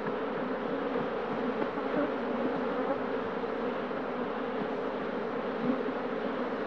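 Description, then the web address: Bee: steady droning buzz of bees, unbroken and even in loudness from start to finish. "пчела"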